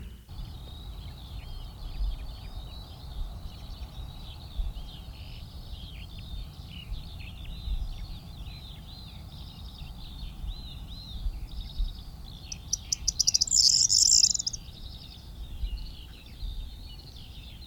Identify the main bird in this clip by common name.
Corn Bunting